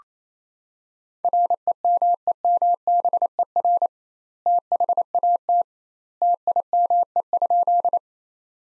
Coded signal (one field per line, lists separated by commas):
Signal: Morse code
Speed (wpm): 28 wpm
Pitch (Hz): 700 Hz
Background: none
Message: REMEMBER THAT TIME?